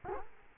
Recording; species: mosquito wingbeat signal from an infrared sensor; Culex quinquefasciatus